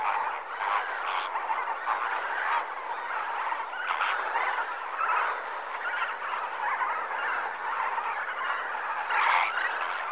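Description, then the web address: Flamingo flock in continuous honking chatter, many overlapping nasal calls forming a thick wall of sound. Flamingos in the morning at Lake Nakuru, Kenya, Africa. "The BBC Sound Effects Library. Flamingoes, morning Lake Nakuru"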